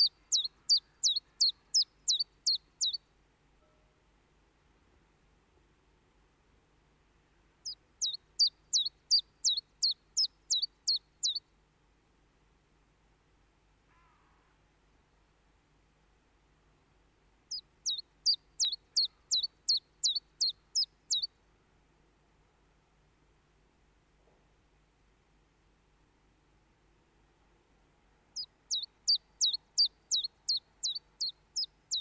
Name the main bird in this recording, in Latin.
Phylloscopus collybita